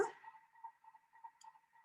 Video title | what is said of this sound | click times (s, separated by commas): Thermomix TM6 Highlights Class | Yeah, I can hear the click now. You need to get that whole click. Yes, that's better. | 1.4 s